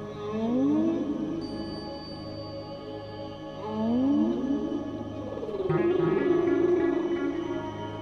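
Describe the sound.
Whale moans sweep upward twice, then a longer wavering tone follows, all set against a continuous layered musical background.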